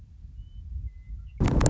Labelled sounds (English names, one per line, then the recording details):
Western Meadowlark
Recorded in Sonoma County, California